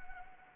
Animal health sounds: mosquito wingbeat signal from an infrared sensor; Anopheles arabiensis

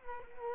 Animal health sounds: mosquito wingbeat signal from an infrared sensor; Culex quinquefasciatus

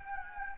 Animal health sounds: mosquito wingbeat signal from an infrared sensor; Anopheles gambiae

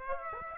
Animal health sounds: mosquito wingbeat signal from an infrared sensor; Aedes aegypti

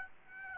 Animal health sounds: mosquito wingbeat signal from an infrared sensor; Aedes aegypti

